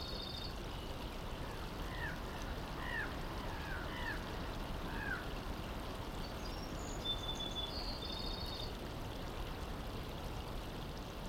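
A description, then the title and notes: Ambient daytime scene: a steady, dense rush like running water fills the clip, with bird chirps and thin high whistles scattered throughout. An ambient mix of daytime sounds from 19th century California.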